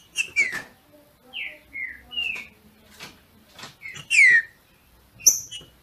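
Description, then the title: Green-winged saltator giving separated whistled notes, some falling, ending in a loud downslurred whistle and a high note, with scattered clicking sounds. Female singing in male style to stimulate the male. "FÊ MEA DE TRINCA FERRO MACHEANDO PARA ESQUENTAR O MACHO"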